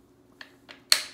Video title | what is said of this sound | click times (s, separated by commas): How to clean a Remington Versa Max | it'll click into place just like that | 0.9 s